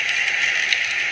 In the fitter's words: audible click ready to go and